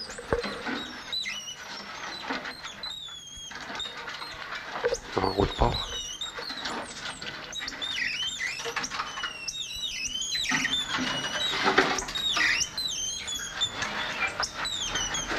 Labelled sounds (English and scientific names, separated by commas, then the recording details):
Red-chested Mustached Tamarin (Saguinus labiatus) call
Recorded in captivity
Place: Zoo Magdeburg, Sachsen-Anhalt, DE
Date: 1995-04-05
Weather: sonnig, 8°C
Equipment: Sony WM-D6C, Mikro Philips, Kopie Uher 4200 Report Mono
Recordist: Tembrock, Günter
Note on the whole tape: Laute in Gruppe (Innenraum), auf Beobachter bezogen